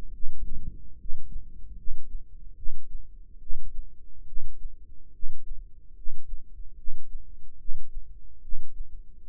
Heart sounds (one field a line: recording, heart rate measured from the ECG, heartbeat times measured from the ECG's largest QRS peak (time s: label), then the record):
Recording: heart sounds by microphone in the right ear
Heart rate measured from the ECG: 73 bpm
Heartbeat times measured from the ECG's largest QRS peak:
0.11 s: heartbeat
0.96 s: heartbeat
1.75 s: heartbeat
2.54 s: heartbeat
3.39 s: heartbeat
4.25 s: heartbeat
5.11 s: heartbeat
5.94 s: heartbeat
6.75 s: heartbeat
7.57 s: heartbeat
8.41 s: heartbeat
9.22 s: heartbeat
From the record:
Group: healthy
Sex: male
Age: 35 years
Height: 180 cm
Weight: 86.9 kg